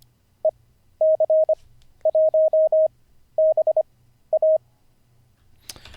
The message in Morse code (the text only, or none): EC1BA